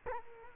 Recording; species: mosquito wingbeat signal from an infrared sensor; Culex quinquefasciatus